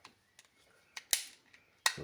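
The two plastic shell halves of a gate remote control, whose locking flaps were repaired with hot glue, are pressed together by hand. After a few faint ticks, two sharp plastic snaps ring out at 1.1 s and 1.9 s as the clips engage and the case seats shut.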